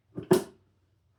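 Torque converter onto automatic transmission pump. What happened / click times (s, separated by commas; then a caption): The heavy splined part engaged one step, not yet fully home / 0.3 s. A torque converter is spun while being pushed onto the input shaft and pump of a TH350 automatic transmission for a 1971 GMC C10 shortbed. A soft scrape near 0.2 s leads into a single clunk-like click at 0.3 s as the first spline engages, then the sound fades out by about 0.6 s. This is only the first of the two or three clicks needed, so the converter is not yet fully seated.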